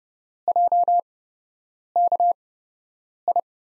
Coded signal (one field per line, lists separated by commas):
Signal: Morse code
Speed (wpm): 30 wpm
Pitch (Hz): 700 Hz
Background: none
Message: JKI